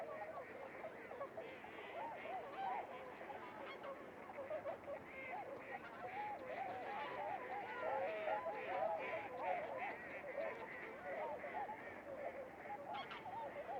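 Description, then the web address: Goose: geese honking in a dense flock, continuous overlapping nasal calls without a clear rhythm. "Podcast goose 20150116"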